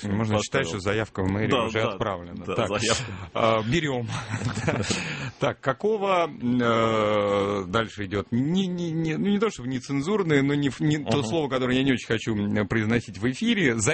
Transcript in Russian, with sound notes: Можно считать, что заявка в мэрию уже отправлена. Берем. (все смеются) Так. Дальше идет ну не то, чтобы нецензурное, но то слово, которое я не очень хочу произносить в эфире: